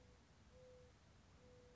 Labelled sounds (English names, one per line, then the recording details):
Mourning Dove
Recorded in Sonoma County, California